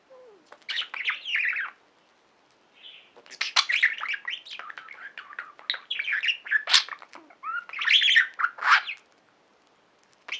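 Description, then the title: Budgerigar warbling: fast chatter of chirps, clicks and buzzy notes in long runs with short pauses, punctuated by a few louder squawks. "Budgie Sounds"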